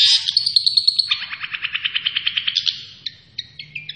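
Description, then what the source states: Long-tailed shrike song, high notes, then a fast run of short, evenly spaced notes, then a few scattered higher chirps. Named by the Indonesian local name cendet; described as gacor, meaning the bird is singing actively.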